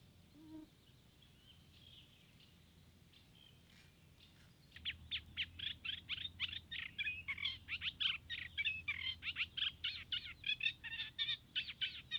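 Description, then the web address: Eurasian reed warbler song: after a quiet opening, a fast churring chatter of many grating, rasping notes. 13 June 2015. "fagelljud 20150613 rorsangare"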